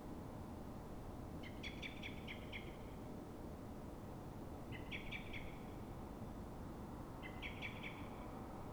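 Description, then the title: Common blackbird alarm: three clucking chatter bursts, each a short stuttered series, against constant low-pitched background rumble. Alarm given when frightened or threatened, probably by another blackbird; at dawn in Fuenlabrada, Madrid, Spain, twenty minutes after earlier calls; Zoom H1n recorder. "Pl. de Francisco Escolar, 10, 28944 Fuenlabrada, Madrid, España - Mirlo asustado"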